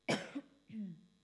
Big cough and small cough.